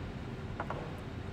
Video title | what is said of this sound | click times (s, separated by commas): Roadmaster Variable Voltage LED Tail Lights Wiring Kit Installation - 2022 Jeep Wrangler Unlimited | we can go ahead and get that popped into place | 0.6 s, 0.7 s